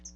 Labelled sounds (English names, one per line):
Hooded Warbler flight call